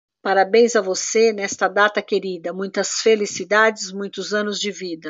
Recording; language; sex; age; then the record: short text; Brazilian Portuguese; female; 50 to 59 years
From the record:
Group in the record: control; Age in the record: 56 years